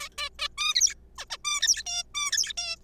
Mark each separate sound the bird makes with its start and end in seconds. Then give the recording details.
0.01-0.09, 0.18-0.29, 0.39-0.48, 0.58-0.75, 0.76-0.94, 1.18-1.25, 1.30-1.38, 1.45-1.83, 1.86-2.04, 2.15-2.52, 2.58-2.76. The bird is a juvenile. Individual R3428